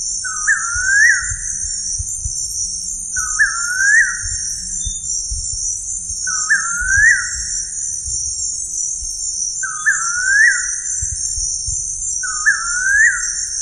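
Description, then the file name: Bird repeating a short, upward-sweeping whistle several times, set against a steady high-pitched insect hum and low background rumble. "SABIOD 50 bird 2015"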